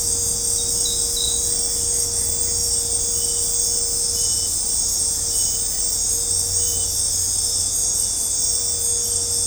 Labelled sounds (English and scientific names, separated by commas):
none